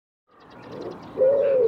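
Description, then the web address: Bird giving one sustained, level coo, preceded by a softer muffled note. "cianscape birddata Deverinetal 2025 Bird Co Pa Co Pa"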